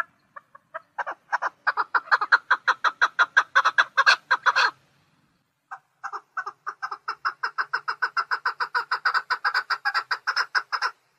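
Partridge calling with a few spaced notes that speed into a rapid, rasping series, a short gap, then another long steady run.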